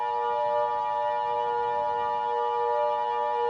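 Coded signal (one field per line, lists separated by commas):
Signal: Emergency Alert System (SAME) tones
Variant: 853 and 960 Hz attention tone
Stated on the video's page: This is a fictional alien-invasion EAS scenario.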